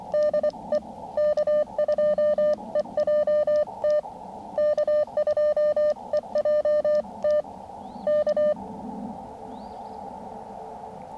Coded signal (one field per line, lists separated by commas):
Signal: Morse code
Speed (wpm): 24 wpm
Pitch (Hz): 600 Hz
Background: radio noise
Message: DE K2EJT K2EJT K